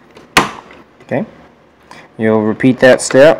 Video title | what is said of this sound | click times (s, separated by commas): RAM Reseat on a HP Desktop | down on one side until it clicks and push down on the other side until it clicks okay | 0.2 s, 0.4 s